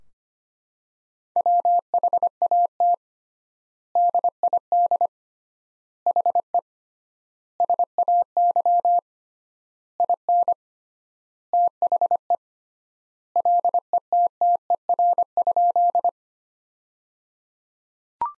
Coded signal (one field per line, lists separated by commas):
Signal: Morse code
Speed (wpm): 25 wpm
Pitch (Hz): 700 Hz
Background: none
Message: WHAT DID HE SAY IN THE LETTER?